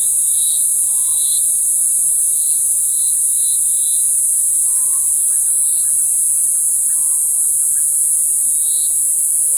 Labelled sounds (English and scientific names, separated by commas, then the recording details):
none
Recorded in forest near Pivijay, Magdalena, Colombia, on 16 April 2023 at 14:30
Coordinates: 10.467, -74.380
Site Z5-G034